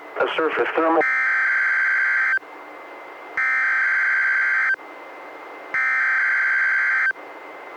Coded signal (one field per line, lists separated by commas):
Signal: Emergency Alert System (SAME) tones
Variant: header bursts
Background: speech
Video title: EAS #274-276: 1 NWR and 2 EAS Required Monthly Tests- Oct. 18, 2018- 10:30AM PDT